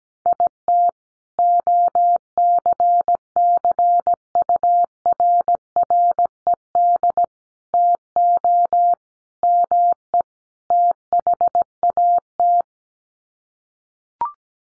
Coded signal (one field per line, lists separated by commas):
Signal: Morse code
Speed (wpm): 17 wpm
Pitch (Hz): 700 Hz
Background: none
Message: IT OCCURRED TO ME THAT